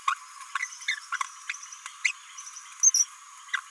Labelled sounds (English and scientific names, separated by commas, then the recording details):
Green-rumped Parrotlet (Forpus passerinus) babbling
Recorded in a nest box in Venezuela
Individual 18B17A4